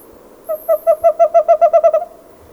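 Bird giving a rapid series of about eleven low, evenly spaced hoots that speed up slightly, lasting around one and a half seconds over a quiet background.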